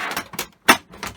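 The top metal cover of an Xbox One Blu-ray drive is slotted under its tabs and pressed down onto the drive shell. Metallic scraping and rattling lead into a sharp click at 0.7 s as the cover seats in place, followed by softer handling sounds.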